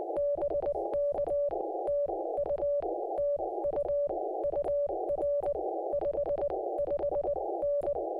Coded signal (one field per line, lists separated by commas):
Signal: Morse code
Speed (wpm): 18 wpm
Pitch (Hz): 570 Hz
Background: music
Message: BK TU TU UR 55N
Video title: Ultimate POTA Logging Guide: Hunting, Activating & Mobile App!